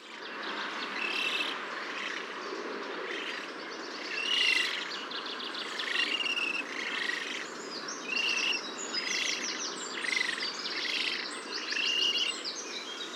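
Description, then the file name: Eurasian spoonbill begging calls: a chorus of repeated buzzy, wheezy notes with high whistled squeals, coming in bursts every second or two over steady low background noise. Juveniles begging at the nest, family group, Haarlemmerliede, 5 May 2015. "espoonb-FAM-JUV-BC-NEST haarlemmerliede"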